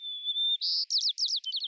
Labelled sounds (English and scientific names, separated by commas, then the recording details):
White-crowned Sparrow (Zonotrichia leucophrys) song
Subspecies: nuttalli
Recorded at Salinas River, California, in 2014
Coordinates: 36.774, -121.793
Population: admixed
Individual SALI_maleC